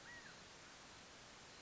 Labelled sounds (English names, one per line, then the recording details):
California Quail
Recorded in Sonoma County, California